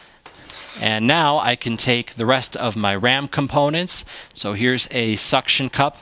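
A Garmin nuvi 3550/3590 GPS unit, sitting all the way in the bottom of a RAM plastic custom cradle, has its top pulled back until it snaps into the cradle with a sharp click at 0.3 s. After the click, someone talks. The GPS is seated in the cradle.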